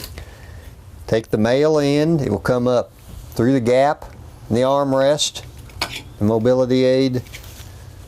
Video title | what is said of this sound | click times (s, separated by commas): OATS Transit wheelchair securement demonstration: Mini-Bus | Always make sure you hear it snap into the nylon bushing. | 0.2 s